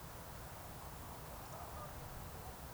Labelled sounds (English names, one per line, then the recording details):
Eurasian Woodcock whistle
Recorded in Baden-Württemberg, Germany, on 3 June 2021 at 20:04 UTC
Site 45499, 200 m above sea level